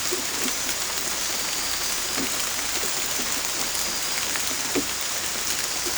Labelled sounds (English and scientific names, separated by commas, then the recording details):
none
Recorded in secondary vegetation near Puerto Asís, Putumayo, Colombia, on 18 December 2024 at 23:30
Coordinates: 0.481, -76.318
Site G042